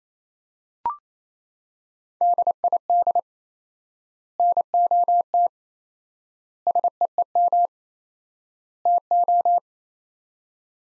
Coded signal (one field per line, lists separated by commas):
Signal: Morse code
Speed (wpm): 27 wpm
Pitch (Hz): 700 Hz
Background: none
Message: DID NOT SEEM TO